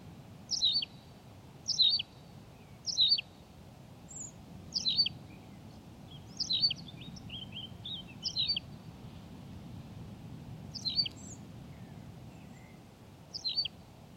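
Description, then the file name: Tawny pipit singing a sharp, high chirping phrase again and again, many times, with a few softer extra notes between phrases and low steady background noise. "Pipit rousseline Anthus campestris"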